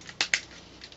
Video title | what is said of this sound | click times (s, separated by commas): Transformers Complete Crazydevy PREDAKING Review | on, push it all the way, and it clicks into place. | 0.2 s, 0.3 s